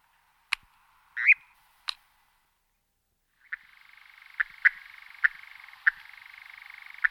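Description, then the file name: European nightjar: a few sharp clicks and a brief note, then a steady rapid churring trill begins, broken by occasional loud clicks. "Golosa ptic - Obyknovennyj kozodoj Caprimulgus europaeus"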